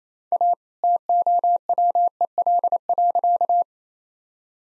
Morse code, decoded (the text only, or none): A TOWEL.